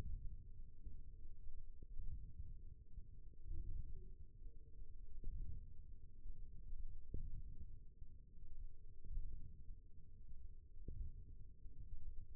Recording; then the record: forearm muscle sounds (acoustic myography)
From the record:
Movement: ulnar deviation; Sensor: system 1, eight BSWA MPA416 microphones around the upper forearm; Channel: 2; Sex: female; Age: 21 years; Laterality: right